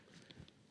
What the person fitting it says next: Bam! It is locked in there.